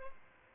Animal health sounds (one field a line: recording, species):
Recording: mosquito wingbeat signal from an infrared sensor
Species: Aedes albopictus